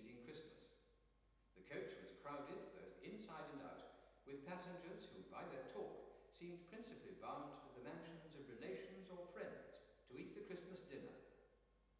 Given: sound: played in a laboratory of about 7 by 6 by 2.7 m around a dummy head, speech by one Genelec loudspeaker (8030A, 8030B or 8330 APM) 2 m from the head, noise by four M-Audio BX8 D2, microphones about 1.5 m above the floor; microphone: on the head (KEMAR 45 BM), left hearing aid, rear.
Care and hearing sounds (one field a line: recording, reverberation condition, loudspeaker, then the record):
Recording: male speech in English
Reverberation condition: high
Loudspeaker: 30 degrees to the left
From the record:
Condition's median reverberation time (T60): about 1300 ms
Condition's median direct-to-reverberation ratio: about -4.0 dB